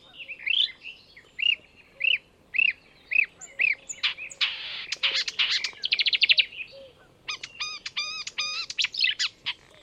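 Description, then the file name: Marsh warbler song: slurred whistled phrases give way to a harsh buzzy burst, then a rapid run of crisp repeated notes. "enekes nadiposzata hangja"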